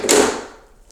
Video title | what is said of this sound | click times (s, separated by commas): Go Go Sport -Full Review S73 | and it snaps together | 0.1 s